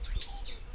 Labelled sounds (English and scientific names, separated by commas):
Stitchbird (Notiomystis cincta) song